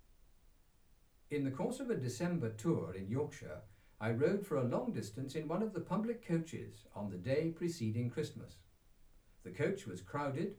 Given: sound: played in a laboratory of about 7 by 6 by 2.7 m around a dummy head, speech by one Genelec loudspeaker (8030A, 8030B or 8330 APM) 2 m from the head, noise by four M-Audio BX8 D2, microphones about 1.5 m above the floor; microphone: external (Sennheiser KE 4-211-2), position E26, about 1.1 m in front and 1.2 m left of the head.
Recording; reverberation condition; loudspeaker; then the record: male speech in English; low; behind (180 degrees)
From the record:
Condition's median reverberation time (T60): about 310 ms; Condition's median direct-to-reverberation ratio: about 3.5 dB